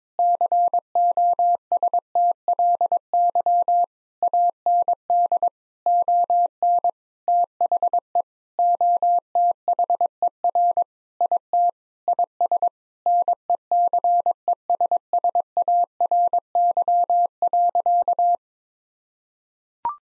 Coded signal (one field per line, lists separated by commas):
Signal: Morse code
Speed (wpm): 22 wpm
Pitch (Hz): 700 Hz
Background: none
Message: COSTLY AND ON THE OTHER IT IS NECESSARY.